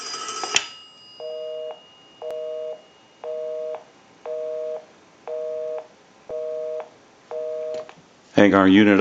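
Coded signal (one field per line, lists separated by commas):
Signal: telephone call progress tone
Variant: North America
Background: speech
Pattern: busy tone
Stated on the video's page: Call progress tone from a Northern Electric 233QF three-slot payphone during checkout and repair conversion.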